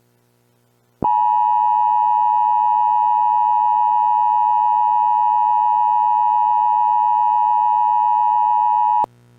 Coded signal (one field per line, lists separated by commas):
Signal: Emergency Alert System (SAME) tones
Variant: 853 and 960 Hz attention tone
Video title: EAS Mini-Scenario: Hulk's "Endgame" Snap